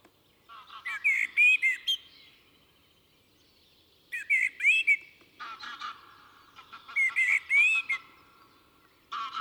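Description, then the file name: Common blackbird song, rich fluty phrases with scratchy high endings, repeated roughly every three seconds in calm surroundings. "Turdus merula"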